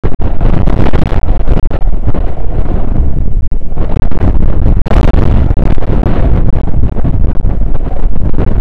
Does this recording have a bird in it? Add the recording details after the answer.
no. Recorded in the Prudhoe Bay oil fields, Alaska, on 9 August 2019 at 00:05. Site 29